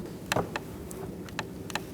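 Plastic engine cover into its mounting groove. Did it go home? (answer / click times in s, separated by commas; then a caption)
no / none. A plastic engine cover on a 2008-2014 Mercedes-Benz C300 3.0L V6 is pressed down so its two slits line up with its mounting groove during an accessory drive belt tensioner replacement. Sharp knocking and snapping hits sound over a low steady hum, the loudest near 0.3 and 1.8 seconds. The cover is only being handled, and nothing has seated or clicked yet.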